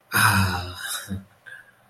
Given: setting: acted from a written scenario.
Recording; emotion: vocal sound without words; ecstasy